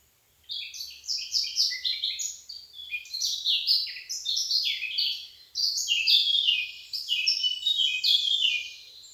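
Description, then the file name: Eurasian blackcap song, two long warbling phrases of quick, varied, rich notes separated by a brief pause, with no other clear sounds. "Sylvia atricapilla"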